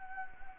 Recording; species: mosquito wingbeat signal from an infrared sensor; Anopheles gambiae